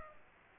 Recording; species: mosquito wingbeat signal from an infrared sensor; Aedes aegypti